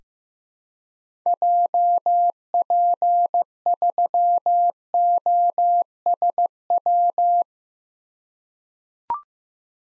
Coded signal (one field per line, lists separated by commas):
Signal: Morse code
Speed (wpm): 15 wpm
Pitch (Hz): 700 Hz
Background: none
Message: JP3OSW